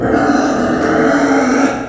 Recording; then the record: squeal of a Yucatan mini pig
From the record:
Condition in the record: after surgery on the right vocal fold (resection and tissue-engineered implant); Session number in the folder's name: 4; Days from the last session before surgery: 26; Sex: female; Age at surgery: 19 weeks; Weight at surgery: 25 kg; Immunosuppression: prednisolone